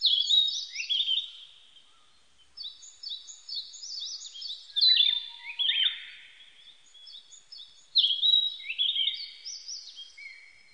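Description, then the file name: Narcissus flycatcher singing: rapid high repeated notes mixed with louder sweeping, falling phrases, broken by short pauses; quiet background. Recorded on 25 April 1998. "980425 kibitaki"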